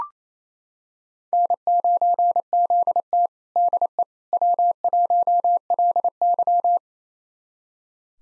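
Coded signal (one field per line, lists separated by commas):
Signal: Morse code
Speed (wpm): 27 wpm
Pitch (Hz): 700 Hz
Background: none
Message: N9ZT DE W1LY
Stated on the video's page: Morse call sign copy drill of 4-character US call sign pairs at 28 wpm, each pair sent, spoken, then sent again.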